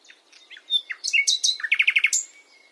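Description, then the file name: Common nightingale song, a burst of varied sharp notes followed by a quick series of five rich repeated chirps and a thin trailing whistle. "Luscinia megarhynchos"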